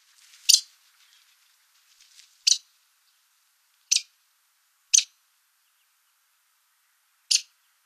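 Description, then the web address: Lewis's woodpecker giving short, harsh, scratchy call notes, five of them spaced irregularly over eight seconds against an otherwise quiet background. North America. "Songs of Birds of North America Stokes. Lewiss Woodpecker"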